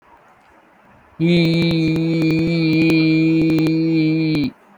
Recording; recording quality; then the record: sustained vowel as in beet; moderate, slight background noise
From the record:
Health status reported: healthy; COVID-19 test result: not tested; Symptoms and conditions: none ticked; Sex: male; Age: 20 years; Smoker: not ticked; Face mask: not worn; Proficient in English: yes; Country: India